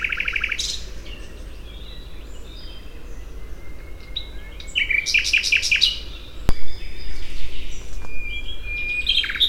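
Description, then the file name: Common nightingale singing: a rapid rattling phrase, a pause with faint notes, then a series of quick repeated notes and trills over a low constant hum. "Luscinia megarhynchos"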